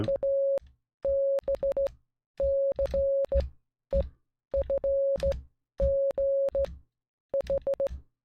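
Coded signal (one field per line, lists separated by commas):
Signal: Morse code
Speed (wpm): 16 wpm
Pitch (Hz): 550 Hz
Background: music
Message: ABCEFG H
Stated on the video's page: Morse code practice of alphabet, words and numbers 1-10.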